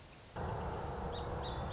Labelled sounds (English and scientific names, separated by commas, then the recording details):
Song Sparrow (Melospiza melodia)
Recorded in Sonoma County, California